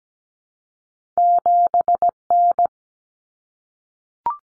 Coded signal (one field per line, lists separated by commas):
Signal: Morse code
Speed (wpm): 17 wpm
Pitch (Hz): 700 Hz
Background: none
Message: 7N